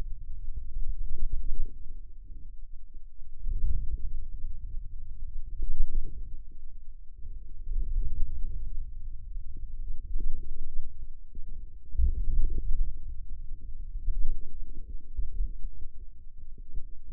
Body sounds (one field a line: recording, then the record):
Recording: forearm muscle sounds (acoustic myography)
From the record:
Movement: ulnar deviation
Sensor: system 2, bracelet of six BSWA MPA416 microphones around the upper forearm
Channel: 5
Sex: male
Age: 22 years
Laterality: right